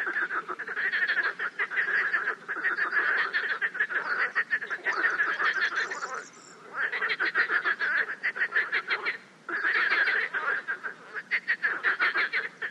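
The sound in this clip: Frogs calling in a dense chorus of rapid, overlapping clucking croaks, almost continuous, with short lulls near six and nine seconds.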